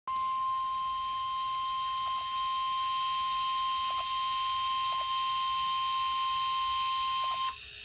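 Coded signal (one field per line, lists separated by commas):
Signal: Emergency Alert System (SAME) tones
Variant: 1050 Hz attention tone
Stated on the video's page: Severe thunderstorm warning captured over an FM station's livestream.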